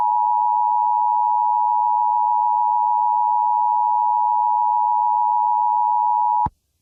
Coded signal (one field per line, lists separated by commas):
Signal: Emergency Alert System (SAME) tones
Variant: 853 and 960 Hz attention tone